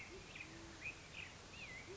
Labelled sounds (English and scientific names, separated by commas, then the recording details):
Band-tailed Pigeon (Patagioenas fasciata)
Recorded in Sonoma County, California